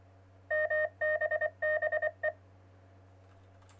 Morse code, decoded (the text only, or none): MBBE